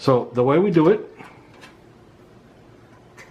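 Someone talks while a lining is lined up over the small pegs of a case part, getting ready to be popped into place. Faint handling noises follow the talk, but nothing has seated or clicked yet.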